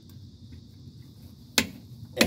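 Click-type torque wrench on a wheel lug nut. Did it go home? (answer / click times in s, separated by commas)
yes / 1.6 s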